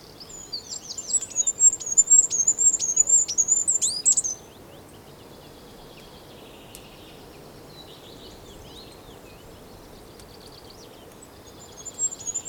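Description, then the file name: Goldcrest song: a long run of extremely high, thin, rhythmic notes closing with a quick twittering ending, then quiet hiss, and the song starting again at the end. Song, Europe. "Wintergoldhaehnchen Gesang Voegel in Europa"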